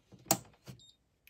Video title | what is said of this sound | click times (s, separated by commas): Wide Format Inkjet Printer Unboxing and Set up in my Craft Room - Canon Pixma TS9521C | click in place and then now down here it shows that the blue is installed | 0.3 s